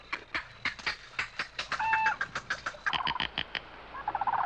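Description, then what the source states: Indian peafowl clucking: quick sharp clicks in a loose series, with one short tonal note and a burst of rapid chattering toward the end. Peacock clucking.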